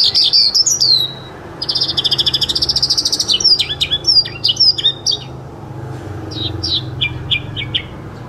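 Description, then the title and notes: Bird song: sharp high whistles, a fast buzzy rattling trill, then scattered downslurred chirps over a low background hum. Bird song for training pet birds. "Suara Burung. Suara Kicauan Burung untuk memaster burung kesayangan"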